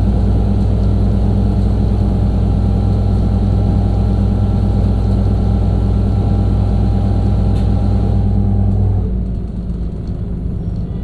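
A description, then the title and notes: A bus drones along with a deep, steady engine rumble and a constant low hum, overlaid with a dense rattling clatter from the worn suspension. Around nine seconds the engine tone drops and the sound turns quieter and rougher, as if slowing down. B103 Bus with Bad Struts. Recorded by Dan Bodah in Brooklyn.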